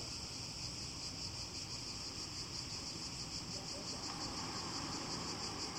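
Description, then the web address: Cicadas producing a sustained, high, rattling buzz with even rapid pulses, unchanging in level, accompanied by faint low background noise. Greece, 29 July 2015. "cigales grece-072015"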